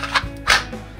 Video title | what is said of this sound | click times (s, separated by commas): Holsters by Defense Training retention adjustment | so that has the audible snap now with the retention we want is | 0.5 s